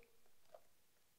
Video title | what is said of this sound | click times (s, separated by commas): BPAP Gaslive - Tudo sobre o equipamento respiratório bi-level mais vendido da Gaslive | para unir as duas partes basta que você encaixa e você vai ouvir um clique | 0.6 s